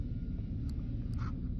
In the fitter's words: and it's clicked in.